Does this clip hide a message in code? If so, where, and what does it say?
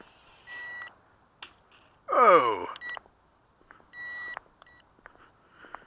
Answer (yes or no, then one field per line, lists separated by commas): no